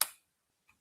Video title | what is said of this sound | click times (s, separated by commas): LIVE UNBOXING! New TNA Unsanctioned Joe Hendry, Coliseum Collection & MORE! | Two clicks, incredible accessory. Opens right up. | 0.0 s, 0.7 s